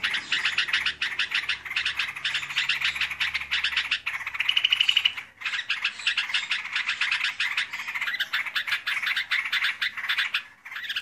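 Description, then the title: Yellow-vented Bulbul calls: fast, scratchy chirping that pours on steadily. A short, clearer rattling burst comes near the middle, then a brief gap before the chatter resumes. "burung rucukan"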